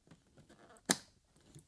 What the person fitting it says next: all right so they automatically snap into place